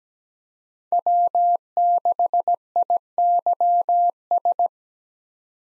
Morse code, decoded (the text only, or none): W6IYS